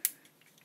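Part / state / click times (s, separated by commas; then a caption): plastic leg tab into the toy's base section / seated / 0.0 s. A spring-loaded plastic leg section on a transforming toy robot is pushed down past its lock point and tabs into the base underneath. A single sharp, bright snap sounds at 0.1 s, followed by a few faint small ticks. The leg tab is seated in the base.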